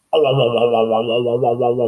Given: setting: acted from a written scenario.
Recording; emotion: vocal sound without words; pain